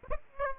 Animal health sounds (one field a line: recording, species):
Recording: mosquito wingbeat signal from an infrared sensor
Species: Aedes aegypti